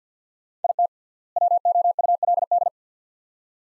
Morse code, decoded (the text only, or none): IT WOULD